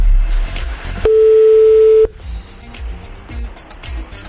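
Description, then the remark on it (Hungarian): A telephone busy signal sounds once as a loud, steady mid-pitched electronic tone lasting about a second, surrounded by low rumbling background noise. “Ez már telefonhívás, Zsül, hogy te mutogatsz?”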